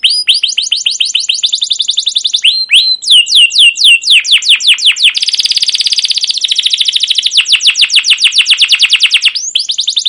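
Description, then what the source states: Canary song in an unbroken stream: quick descending whistled notes, a buzzy rolled passage in the middle, then more rapid sweeping chirps. Song used as a lure (pancingan) to train other canaries to sing; long continuous singing with cuit-cuit notes and rolling (ngerol) passages.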